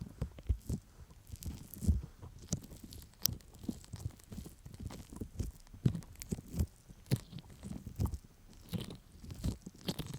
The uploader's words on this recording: ASMR Sticky Honey Ear Massage (No Talking).